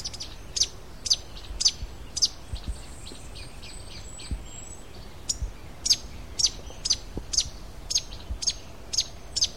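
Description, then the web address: Fruiteater repeating high, thin, piercing notes, about two per second, over faint background noise. "cantos fruteyungue"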